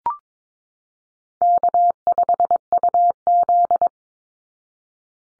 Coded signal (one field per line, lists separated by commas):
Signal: Morse code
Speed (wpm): 22 wpm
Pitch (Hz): 700 Hz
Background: none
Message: K5UZ